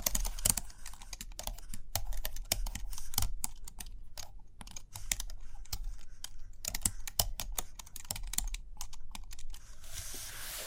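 Rapid, irregular tapping and scratching of pen or pencil on paper, with dense clusters of sharp clicks that pause briefly around four to five seconds. A steady low hum sits underneath, and a soft rushing sound rises near the end.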